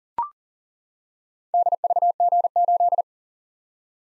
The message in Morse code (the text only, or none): DVG8